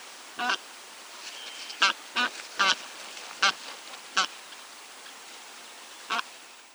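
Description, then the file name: Taiga bean goose uttering loud, harsh, clipped honks in an uneven series of about seven calls, with continuous background noise. "Anser fabalis"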